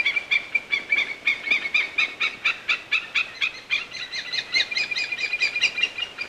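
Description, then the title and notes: White-tailed eagle call, rapid repeated shrill yelps running throughout. "Merikotka. Juha Laaksonen"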